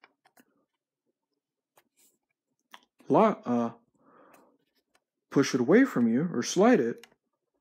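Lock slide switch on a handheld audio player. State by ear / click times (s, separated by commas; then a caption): not seated / none. A hand handles the small plastic lock slide switch on a handheld audio player, getting ready to push it away from the body toward the locked position. A few faint, short ticks sit among quiet gaps while someone talks. Nothing has clicked or seated yet.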